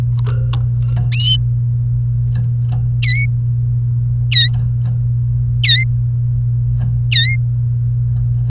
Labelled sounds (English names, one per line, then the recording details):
Domestic Canary song
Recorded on 28 April 2018 at 16:09
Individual llb3